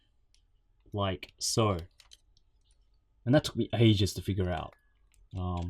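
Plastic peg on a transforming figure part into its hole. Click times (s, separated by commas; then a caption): 0.3 s. While transforming a Takara Tomy MP-41 Masterpiece Beast Dinobot plastic robot toy, a part is folded in and its plastic peg is pressed into a matching hole, giving a single sharp click at 0.3 s as it snaps into place. Faint ticks follow around 2.1–2.7 s, and someone talks throughout. The peg is seated.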